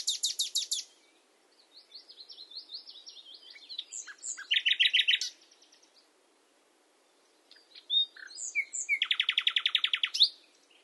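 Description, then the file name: Common nightingale song in separate phrases: a loud rattling burst, a softer twittering passage ending in a trill, a pause, then a long rapid rattle. "Luscinia megarhynchos"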